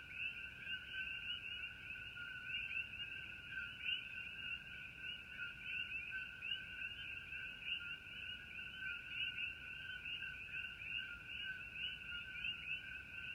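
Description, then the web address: Common coquí chorus, many frogs calling at once in a steady dense wall of two-note chirps, a lower note and a higher rising note, with faint low hiss beneath. Coquí frogs at night. "starry night coqui frogs ambiance"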